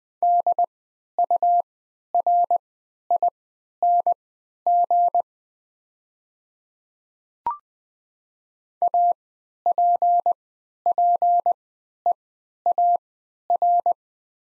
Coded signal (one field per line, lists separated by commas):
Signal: Morse code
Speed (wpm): 20 wpm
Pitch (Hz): 700 Hz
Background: none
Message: DURING APPEAR